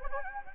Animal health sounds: mosquito wingbeat signal from an infrared sensor; Anopheles gambiae

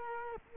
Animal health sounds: mosquito wingbeat signal from an infrared sensor; Culex quinquefasciatus

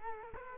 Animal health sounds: mosquito wingbeat signal from an infrared sensor; Culex quinquefasciatus

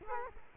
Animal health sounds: mosquito wingbeat signal from an infrared sensor; Culex quinquefasciatus

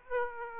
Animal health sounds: mosquito wingbeat signal from an infrared sensor; Aedes aegypti

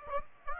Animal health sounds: mosquito wingbeat signal from an infrared sensor; Aedes aegypti

